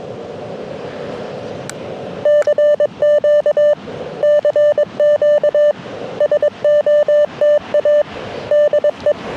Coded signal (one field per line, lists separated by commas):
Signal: Morse code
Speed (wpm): 22 wpm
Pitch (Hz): 590 Hz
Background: none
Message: CQ CQ SOTA DE